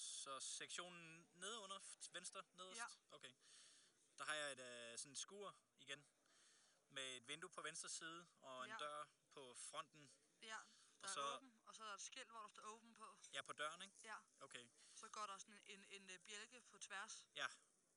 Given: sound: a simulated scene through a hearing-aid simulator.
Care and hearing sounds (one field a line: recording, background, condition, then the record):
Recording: conversation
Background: quiet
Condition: 65 dB SPL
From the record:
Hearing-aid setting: IV (slow-acting compression, loudness normalization)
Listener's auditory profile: C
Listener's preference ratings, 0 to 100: 89, 90, 91